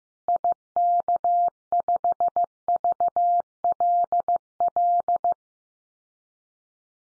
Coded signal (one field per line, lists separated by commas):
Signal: Morse code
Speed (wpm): 15 wpm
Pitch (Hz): 700 Hz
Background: none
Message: IK5VLL